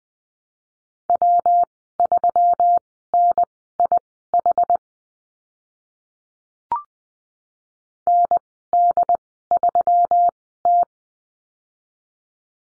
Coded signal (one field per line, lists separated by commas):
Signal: Morse code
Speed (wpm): 20 wpm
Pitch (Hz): 700 Hz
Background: none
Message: W3NIH ND3T